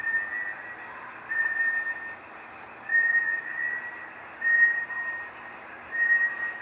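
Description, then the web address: Bartlett's tinamou calling in short, faint, level whistles spaced about one and a half seconds apart over steady hiss. "دانلود-صدای-پرنده-وشم-بارتلت"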